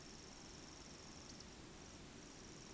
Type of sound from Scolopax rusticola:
whistle